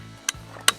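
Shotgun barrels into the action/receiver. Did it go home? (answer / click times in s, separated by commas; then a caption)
yes / 0.7 s. An Italian Perugini & Visini Maestro break-action shotgun is folded closed, with its barrels swinging up into the action until it locks. A sharp metallic snap at 0.3 s is followed by a louder snap at 0.7 s over a steady low hum. The action latches shut at 0.7 s.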